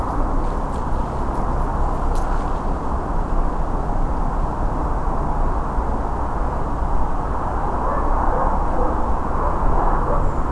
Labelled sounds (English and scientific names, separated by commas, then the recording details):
Redwing (Turdus iliacus)
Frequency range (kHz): Redwing (Turdus iliacus) 6.8-8.2 kHz
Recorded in France